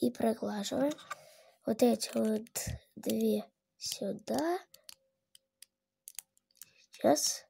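Two plastic Lego pieces are handled onto a Lego spinner build while someone talks, with a few faint sharp ticks of plastic handling between about 4.9 and 6.6 s. The pieces are not yet home; nothing has seated or clicked yet.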